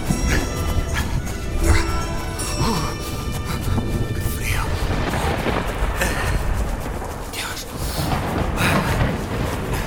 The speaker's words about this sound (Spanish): Pronto se oyeron lejanos ecos de truenos que fueron haciéndose cada vez más cercanos y continuos. La inminente tormenta estalló por fin y corrí hasta unos peñascos donde poder refugiarme.